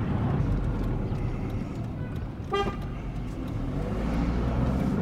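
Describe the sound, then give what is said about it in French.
A single short car horn honk cuts through the steady, low rumble of traffic and engines in Hebron, its bright buzzing tone lasting only a fraction of a second. “Le klaxon ici est un élément indispensable.”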